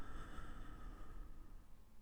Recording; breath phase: one breath near a microphone; exhalation